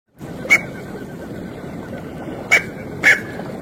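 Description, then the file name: Smew uttering a single short call, then after a two-second pause a close pair of short notes over even background noise. "Canto do merganso pequeno"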